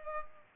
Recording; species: mosquito wingbeat signal from an infrared sensor; Culex pipiens